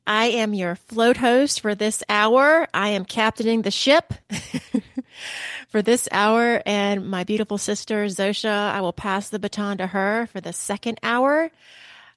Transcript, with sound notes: I am your float host for this hour, I am captaining the ship, (laughs) for this hour and my beautiful sister, Xosha, I will pass the baton to her for the second hour.